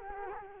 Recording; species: mosquito wingbeat signal from an infrared sensor; Culex quinquefasciatus